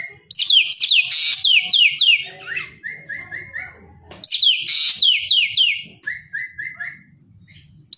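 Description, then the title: Green magpie song of two loud bursts of quick, falling whistled notes, each followed by a neat series of four or five lower whistles. Described as gacor, meaning singing vigorously. "Cissa Thalassina Gacor"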